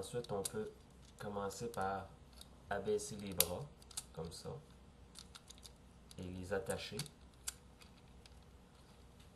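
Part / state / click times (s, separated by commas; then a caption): toy arm into car body / seated / 7.5 s. A plastic Bumblebee 2007 Camaro toy is being transformed from car to robot, with its lowered arms pressed into the car body so they lock in place. Someone talks while light plastic handling taps sound around 5.2–5.7 s, then a sharp plastic click at 7.5 s marks the arm seating firmly.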